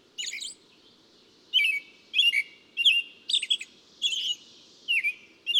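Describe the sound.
Bird chirping in a series of sharp, slightly trilled notes, roughly one to two per second, with a soft low hum underneath.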